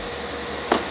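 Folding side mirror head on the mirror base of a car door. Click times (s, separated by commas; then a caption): 0.7 s. A folding side mirror head on the mirror base of a crashed Mini Cooper's car door is pushed by hand until it locks into its detent. Against a steady low hum, a short, sharp snap sounds at 0.7 s as the mirror seats firmly in place.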